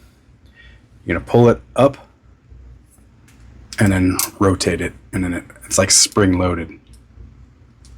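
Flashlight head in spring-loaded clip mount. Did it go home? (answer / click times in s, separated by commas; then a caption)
no / none. A WUBEN G5 CDC flashlight head sits in a spring-loaded clip mount; someone talks while pulling it up and rotating it, with a few faint soft clicks of handling. Nothing has seated or clicked yet, and the mount has not snapped back into place.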